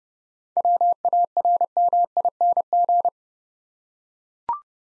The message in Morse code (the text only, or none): WARMING